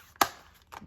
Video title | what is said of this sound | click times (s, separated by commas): Tag note books #diecuttingnotebooks | This is just a nice little click. | 0.2 s